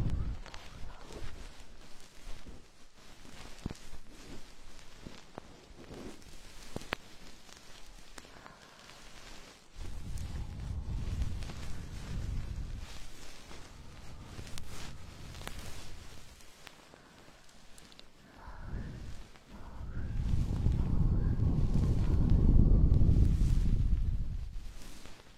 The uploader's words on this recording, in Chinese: 鹅毛棒掏耳朵 轻语。